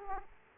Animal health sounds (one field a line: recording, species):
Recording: mosquito wingbeat signal from an infrared sensor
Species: Aedes aegypti